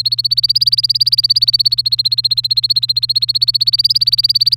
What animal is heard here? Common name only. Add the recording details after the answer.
Domestic Canary. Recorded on 3 May 2018 at 14:11. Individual llb3